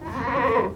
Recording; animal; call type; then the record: contact call of a hoofed animal; goat; low-frequency (closed-mouth) or high-frequency (open-mouth) call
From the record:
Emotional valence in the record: negative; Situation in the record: food frustration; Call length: 0.75 s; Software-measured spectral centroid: 1370 Hz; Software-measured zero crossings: 1640 a second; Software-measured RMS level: -24 dBFS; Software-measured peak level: -9 dBFS